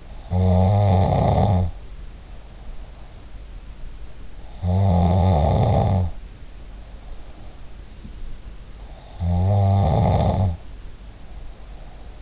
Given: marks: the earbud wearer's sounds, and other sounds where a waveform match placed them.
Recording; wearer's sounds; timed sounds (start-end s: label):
sounds in sleep by an in-ear microphone; snoring breath
0.00-3.21 s: snoring breath
4.41-7.59 s: snoring breath
9.20-12.22 s: snoring breath